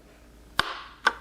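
A keycap is pressed onto a keyboard switch, or a stabilized key, until it goes fully down, giving a loud, sharp click at 0.6 s with a bright ringing tail. A second, slightly softer click follows at 1.1 s. The keycap is seated fully down.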